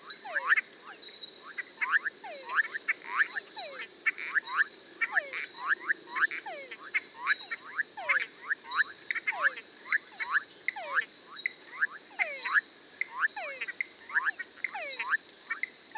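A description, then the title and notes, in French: Frogs and tree frogs call in a dense, overlapping chorus, a steady stream of short falling chirps and whistles repeating every fraction of a second throughout. A constant high insect hiss and whine sits behind them, with no quiet gaps. Petite composition musicale à partir d'enregistrements de grenouilles et rainettes du Costa-Rica. Enregistrements : novembre-décembre 11 - Mise en ondes & mix : Arnaud Forest - Réalisation : Rodolphe Alexis.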